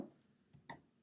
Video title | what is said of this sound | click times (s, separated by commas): Unboxing Manfrotto PIXI Mini | it go crazy no okay good it locks into place that | 0.7 s